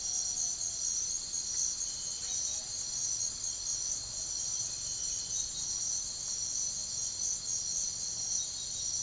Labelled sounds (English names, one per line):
none